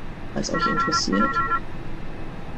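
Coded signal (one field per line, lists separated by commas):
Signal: none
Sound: airplane cockpit chime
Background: speech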